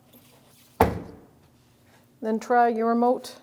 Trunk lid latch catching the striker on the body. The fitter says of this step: Make sure your little latch locks. Bring it down.